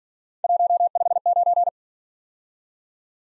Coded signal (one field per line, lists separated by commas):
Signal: Morse code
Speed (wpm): 46 wpm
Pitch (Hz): 700 Hz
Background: none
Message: 159